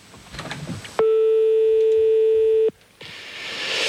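A phone line ringing on the other end of a call that goes unanswered: a single steady, buzzing ringback tone lasts under two seconds, loud and even, with faint murmuring before it and a soft hiss after.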